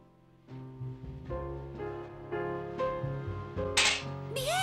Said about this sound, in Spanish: ¡Ese sonido! ¡Adoro el ruido que hacen las monedas al caer en el bote! ¡El maravilloso sonido del dinero! ¡Contante y sonante! ¡Es un sonido estupendo! ¡Monedas, monedas! ¡El precioso sonido de las preciosas monedas!